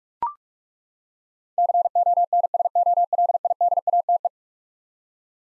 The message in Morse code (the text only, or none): CONSOLIDATE